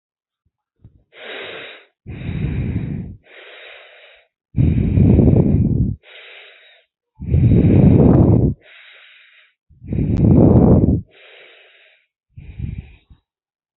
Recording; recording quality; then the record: shallow breathing; excellent, no background noise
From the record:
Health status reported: healthy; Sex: female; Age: 25 years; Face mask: not worn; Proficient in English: yes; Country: India